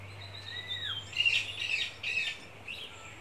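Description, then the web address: Birds calling: a sliding whistle falling in pitch, then a run of loud squawky bursts with other chirps mixed in. Rainforest birds. "Vogels - Regenwoud. KMP Film Video Sound Effects"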